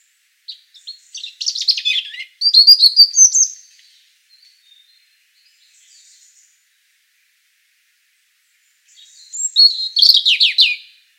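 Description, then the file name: European robin song in two high, jumbled phrases of thin whistles and trills, a long quiet gap between them, faint soft notes in the pause. "Erithacus rubecula"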